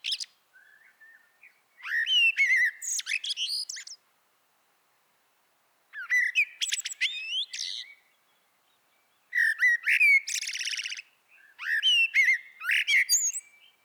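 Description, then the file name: Common blackbird song: several phrases of fluty whistles mixed with high squeaky twitters, separated by short pauses. "Turdus merula"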